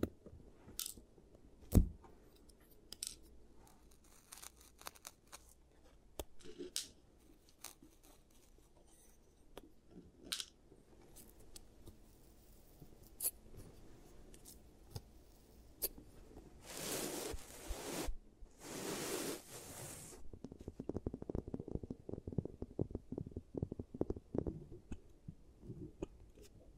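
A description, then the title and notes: Quiet clicks and taps from a teeth-treatment roleplay, with two bright scraping bursts near 17 and 19 seconds, then denser rustling. ASMR Giant Teeth Treatment, Fixing Your Cavities (No Talking).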